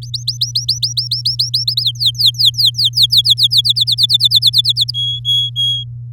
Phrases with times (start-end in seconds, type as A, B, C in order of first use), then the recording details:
0.02-1.64 A, 1.67-1.84 B, 1.84-3.61 C, 3.64-4.91 D, 4.94-5.84 E. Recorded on 9 May 2018 at 12:21. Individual llb16